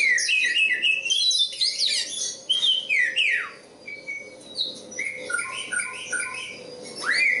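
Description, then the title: Oriental magpie-robin pouring out a continuous, rich song of fast whistles, downward slurs and repeated short trilled notes, dense and varied throughout. Competition kacer poci, national champion; singing gacor, 'nembak' and 'ngerol' styles; seven kinds of kacer sound every three minutes. "Kacer Poci Gacor Nembak Dan Ngerol Juara Nasional. 7 macam suara kacer setiap 3 menit"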